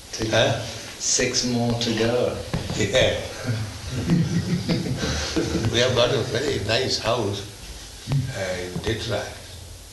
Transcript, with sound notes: six more to go.
Yes. [laughter] We have got a very nice house in Detroit.